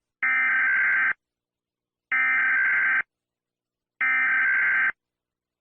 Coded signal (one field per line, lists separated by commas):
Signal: Emergency Alert System (SAME) tones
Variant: header bursts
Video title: Eas alarms I finally did it